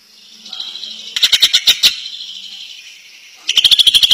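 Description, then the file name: Greater green leafbird song: two short bursts of rapid, high chattering notes, each under a second, separated by a quieter pause with faint twittering. Champion (juara) competition bird. "kicau cucak ijo juara"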